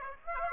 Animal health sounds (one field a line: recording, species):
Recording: mosquito wingbeat signal from an infrared sensor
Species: Aedes aegypti